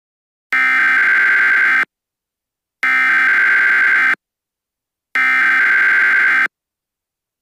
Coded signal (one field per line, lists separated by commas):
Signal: Emergency Alert System (SAME) tones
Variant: header bursts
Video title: thanksgiving special eas scenario no thanksgiving this year